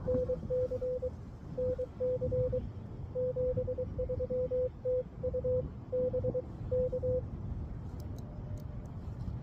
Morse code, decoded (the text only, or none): NC NC 73 TU BK